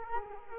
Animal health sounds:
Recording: mosquito wingbeat signal from an infrared sensor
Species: Culex quinquefasciatus

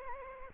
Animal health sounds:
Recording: mosquito wingbeat signal from an infrared sensor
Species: Anopheles gambiae

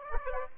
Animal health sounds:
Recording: mosquito wingbeat signal from an infrared sensor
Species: Aedes aegypti

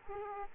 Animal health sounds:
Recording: mosquito wingbeat signal from an infrared sensor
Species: Aedes aegypti

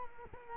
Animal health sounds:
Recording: mosquito wingbeat signal from an infrared sensor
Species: Culex quinquefasciatus

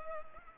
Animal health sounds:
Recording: mosquito wingbeat signal from an infrared sensor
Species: Culex pipiens

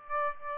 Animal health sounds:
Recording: mosquito wingbeat signal from an infrared sensor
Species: Aedes aegypti

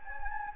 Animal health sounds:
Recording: mosquito wingbeat signal from an infrared sensor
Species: Anopheles gambiae

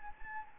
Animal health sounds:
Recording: mosquito wingbeat signal from an infrared sensor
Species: Anopheles gambiae

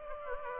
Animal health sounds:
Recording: mosquito wingbeat signal from an infrared sensor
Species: Aedes aegypti

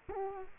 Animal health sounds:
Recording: mosquito wingbeat signal from an infrared sensor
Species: Culex quinquefasciatus

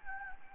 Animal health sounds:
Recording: mosquito wingbeat signal from an infrared sensor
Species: Anopheles gambiae

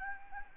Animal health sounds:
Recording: mosquito wingbeat signal from an infrared sensor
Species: Anopheles gambiae

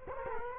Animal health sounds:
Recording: mosquito wingbeat signal from an infrared sensor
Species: Culex quinquefasciatus

